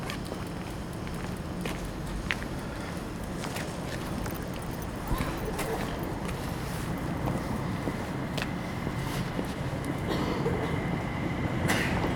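A train station platform fills with commuters: a steady, dense murmur of voices and shuffling runs throughout. Short clicks and knocks, likely footsteps, come every second or so, with a faint steady tone in the middle and sharper sounds near the end.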